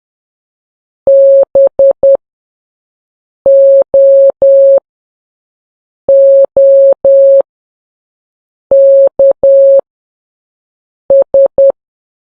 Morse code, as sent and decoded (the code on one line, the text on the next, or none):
-... --- --- -.- ...
BOOKS